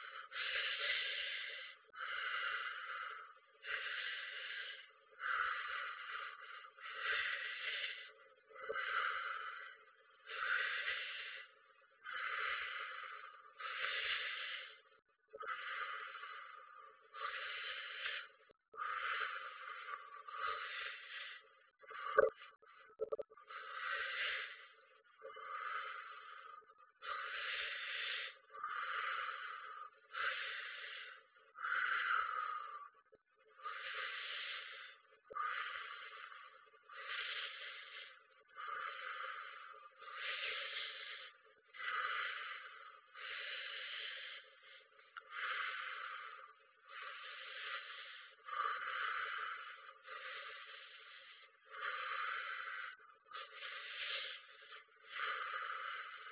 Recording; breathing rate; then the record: paced breathing near a phone; 18 breaths a minute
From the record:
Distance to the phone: 40 cm